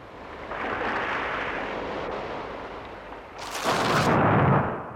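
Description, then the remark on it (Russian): A long, rolling roar of thunder from an approaching storm over the ocean builds, then a sharp crack breaks into a heavy, booming rumble that swells loud before easing off. No one speaks. “Гром и молния! Океан становится на дыбы.”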